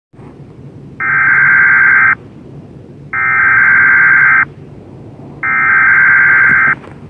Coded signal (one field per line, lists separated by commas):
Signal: Emergency Alert System (SAME) tones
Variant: header bursts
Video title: The Unknown - TV TV's EAS Mocks #1